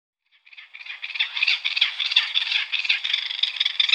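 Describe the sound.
Great spotted cuckoo rattling chatter, a dry grating series of rapid harsh notes building in loudness and running on without a break.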